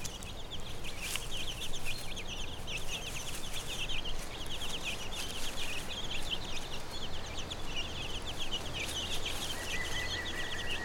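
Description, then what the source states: Chicken chicks peeping, many short high chirps in a continuous chattering stream, with a steady low background rumble throughout. Hen with her chicks, recorded on Brownsea Island.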